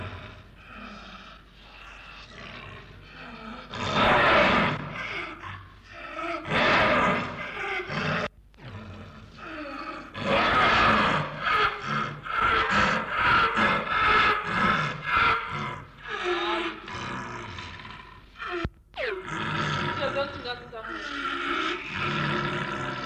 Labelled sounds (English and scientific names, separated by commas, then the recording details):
Snow Leopard (Uncia uncia)
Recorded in captivity
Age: adult
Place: Tierpark Berlin, Berlin, DE
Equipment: Englisches Reportergerät
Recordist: Altmann, Dagmar
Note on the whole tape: Abwehrlaute (Februar 1962)